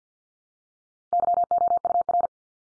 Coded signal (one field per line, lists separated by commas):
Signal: Morse code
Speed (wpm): 50 wpm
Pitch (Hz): 700 Hz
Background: none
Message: YOUR